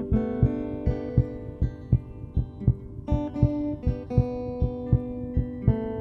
The rhythm section is a heartbeat. The heartbeat of a boy. 17 years old. A lovely example of the work that music therapist Bridget Sova does every day at the Helen DeVos Children's Hospital in Grand Rapids.